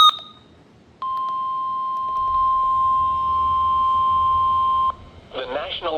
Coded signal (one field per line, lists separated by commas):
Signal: Emergency Alert System (SAME) tones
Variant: 1050 Hz attention tone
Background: speech